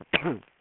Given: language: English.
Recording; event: throat vibration sensor signal played as sound; cough